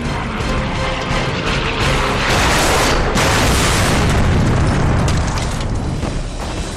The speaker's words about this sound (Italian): Il Focke-Wulf sussulta con violenza per poi rollare. Il caccia si schianta al suolo con una violenta esplosione.